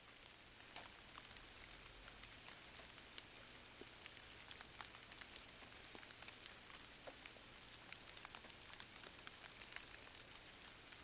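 Crickets chirp in short, bright bursts at a steady rhythm, about twice a second. Beneath them a soft hiss of light rain runs continuously, with scattered faint drips and ticks on the vegetation and a low, quiet hum.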